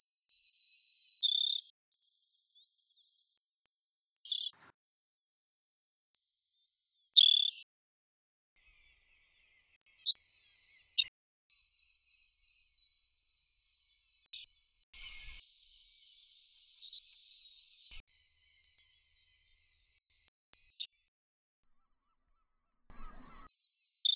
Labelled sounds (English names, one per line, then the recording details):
Savannah Sparrow song
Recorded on Kent Island, New Brunswick, in 2012